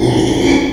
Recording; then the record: squeal of a Yucatan mini pig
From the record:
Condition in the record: after surgery on the right vocal fold (resection and tissue-engineered implant); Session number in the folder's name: 2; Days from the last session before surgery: 13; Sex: male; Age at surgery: 12 weeks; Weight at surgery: 13 kg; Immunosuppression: cyclosporine, prednisolone